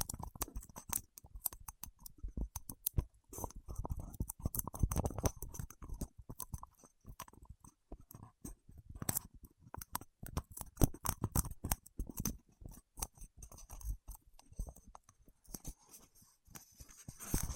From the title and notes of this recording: ASMR with Wax Fingertips for Sleep (No Talking).